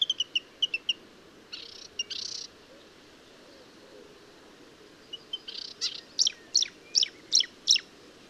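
Marsh warbler: a quick run of short high notes, then hissy bursts, then a series of sharp, steeply falling whistled notes in quick succession, over low background noise.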